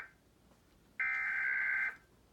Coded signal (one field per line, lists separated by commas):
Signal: Emergency Alert System (SAME) tones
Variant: header bursts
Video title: National Emergency Alert System Test 2018 FAIL!